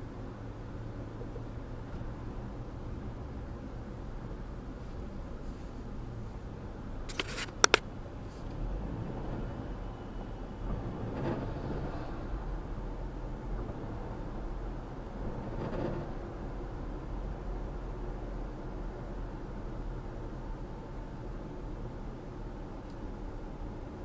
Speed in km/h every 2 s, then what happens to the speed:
31, 29, 29, 27, 29, 32, 35, 37, 39, 35, 35, 34.
0-8 steady at about 29. 8-15 speeds up to 39. 15-24 steady at about 35.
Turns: none.